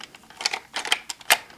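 A blue plastic Destream Driver Unit with metallic blue, gunmetal and gold paint is handled against a DX Vail Driver transformation belt buckle (Kamen Rider Revice toy) as its side connectors are lined up. Light plastic rustling and handling clacks are heard, with sharper taps at about 0.5, 0.9 and 1.3 s. Nothing has seated or clicked into place yet.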